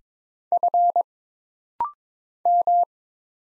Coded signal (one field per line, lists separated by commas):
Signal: Morse code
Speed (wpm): 22 wpm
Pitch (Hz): 700 Hz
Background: none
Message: F M